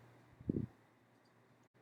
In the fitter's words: this is just to demonstrate how the ball and down rod assembly lock into place in the mounting bracket